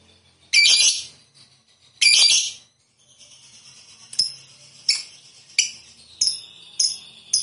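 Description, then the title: Lovebird calls: two loud harsh screeches, then a string of high, sharp chirps repeated about every seven tenths of a second. Lovebird described as 'fighter' and 'gacor'. "Berkat SUARA Lovebird FIGHTER GACOR Ini"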